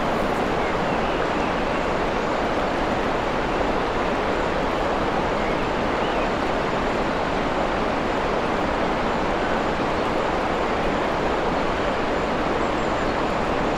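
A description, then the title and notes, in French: A waterfall pours in a forest clearing, its rushing roar steady and unbroken for the whole stretch. The sound is dense, spreading from a low rumble up to a soft hiss, with no separate events standing out. Cascade dans une Clairière Forestière. Une clairière isolée en Mid Wales, où la cascade mélodieuse crée une ambiance apaisante.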